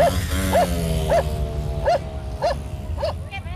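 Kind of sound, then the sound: animal, dog barking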